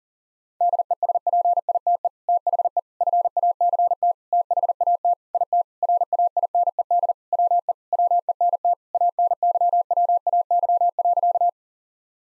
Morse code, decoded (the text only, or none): DESPITE THE FACT THAT IT RAINED WE WENT ANYWAY.